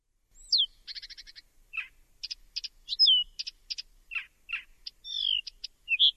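Bird calling busily: rapid buzzy trills, clipped chips and short slurred whistles mixed in a lively, irregular sequence.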